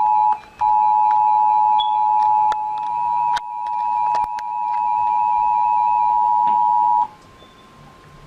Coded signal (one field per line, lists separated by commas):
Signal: Emergency Alert System (SAME) tones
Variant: 853 and 960 Hz attention tone